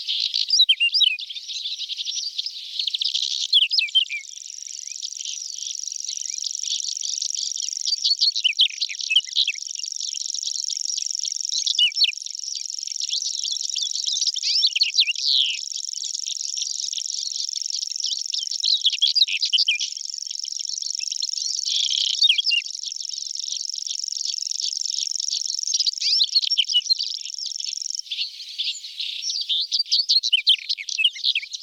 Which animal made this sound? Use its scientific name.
Saxicola rubetra